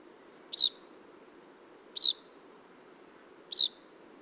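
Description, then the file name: Common chaffinch calls: three brief bright high notes, evenly spaced about one and a half seconds apart, over a quiet low hum. "Fringilla coelebs"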